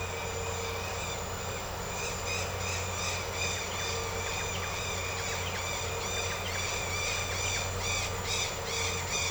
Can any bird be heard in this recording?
yes